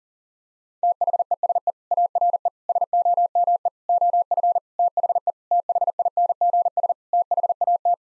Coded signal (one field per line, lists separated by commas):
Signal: Morse code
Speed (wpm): 40 wpm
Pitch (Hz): 700 Hz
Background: none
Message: THESE ARE SOME OF THE THINGS THAT